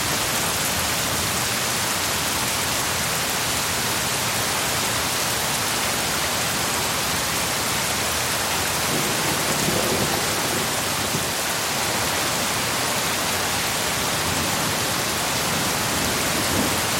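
Heavy rain pours down in a dense, steady hiss that fills the whole 17 seconds without a break. The sound stays bright and even, with a faint low rumble swelling slightly around the middle before settling back.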